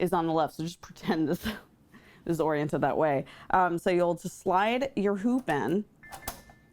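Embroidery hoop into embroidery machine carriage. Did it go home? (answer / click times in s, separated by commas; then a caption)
yes / 6.3 s. An embroidery hoop holding a beanie is slid onto the arm of an embroidery machine and into its carriage while someone talks. After the talking stops, a short sharp click at 6.3 seconds marks the hoop snapping into place, seated in the carriage.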